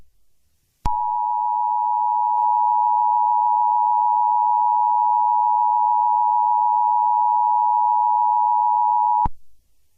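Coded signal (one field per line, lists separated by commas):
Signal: Emergency Alert System (SAME) tones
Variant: 853 and 960 Hz attention tone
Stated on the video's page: Fictional EAS scenario.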